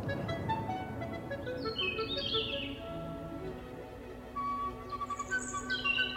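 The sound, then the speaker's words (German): Birdsong with high, bright chirps and short warbling phrases that come in bursts, set against a dense, steady background of low rumbling sound. “Wer von Fafners Herz gegessen hat, kann die Sprache der Vögel verstehen.”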